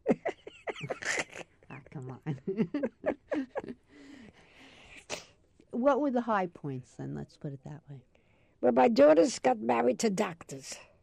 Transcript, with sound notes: Oh, come on! [Laughs] What were the high points, then? Let's put it that way.
When my daughters got married to doctors!